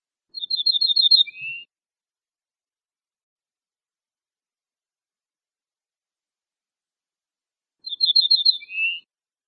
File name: suara kicauan ortolan